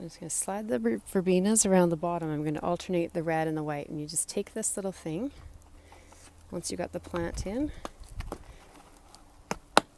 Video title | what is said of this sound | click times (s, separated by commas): Red and White Hanging Basket for Canada Day | it just snaps into place then your plant can sit nice and tight against there | 9.5 s, 9.8 s